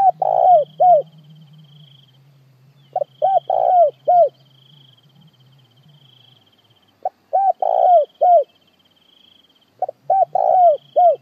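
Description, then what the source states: Spotted dove cooing: several phrases of rounded coos ending in a falling note, repeated every few seconds, with a high insect trill behind. Calling to gather the flock.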